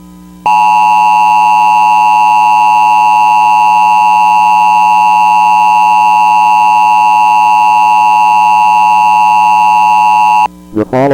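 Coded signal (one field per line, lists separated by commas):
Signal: Emergency Alert System (SAME) tones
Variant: 853 and 960 Hz attention tone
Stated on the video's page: Fictional EAS scenario, not a real alert.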